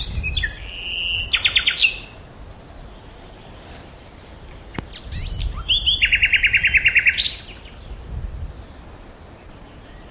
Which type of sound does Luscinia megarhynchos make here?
song